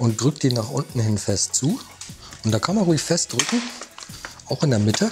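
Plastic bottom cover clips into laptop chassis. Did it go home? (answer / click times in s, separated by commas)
no / none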